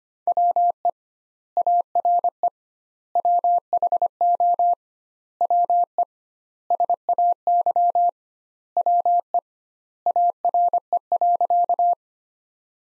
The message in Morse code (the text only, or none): WE ARE WHO WE SAY WE ARE.